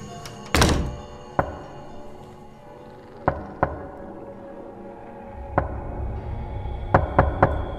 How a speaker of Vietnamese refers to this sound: Một thứ âm thanh khủng bố mà tôi nghe rất rõ, là tiếng gõ cửa. Tiếng gõ cửa vang lên rất rõ ràng ở trong màn đêm.